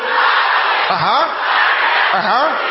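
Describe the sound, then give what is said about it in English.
A large group of women at a prayer gathering shouts words of prayer together in unison, a loud, sustained mass of high voices with two rising-and-falling swells, like a chanted phrase repeated by a crowd. “Let me listen to the sisters first.”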